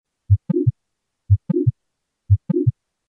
Mitral Valve Prolapse (Click with Late Systolic Murmur).